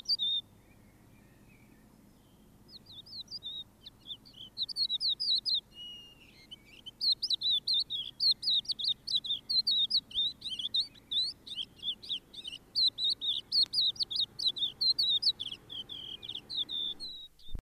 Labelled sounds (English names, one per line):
Crested Lark song